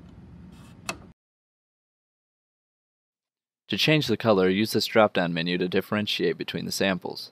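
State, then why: Seated. The sample changer rod in a UV-Vis spectrophotometer cell holder is slid to the next cuvette position over a low background hiss and clicks into place with a single sharp hit at 0.9 s, seating the rod. After a stretch of silence, someone talks from about 3.7 s to the end.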